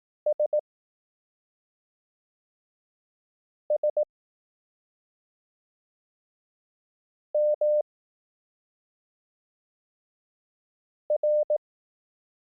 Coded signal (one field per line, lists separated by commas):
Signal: Morse code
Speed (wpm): 18 wpm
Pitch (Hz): 600 Hz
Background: none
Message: S S M R